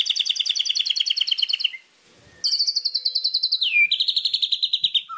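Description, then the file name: White-rumped shama song: rapid, buzzy repeated trill notes, a short pause, then a second fast trill broken by a downward sweep, more trilling, and a brief rising note at the end. Masteran song, a training recording used to teach birds to sing. "suara masteran murai batu"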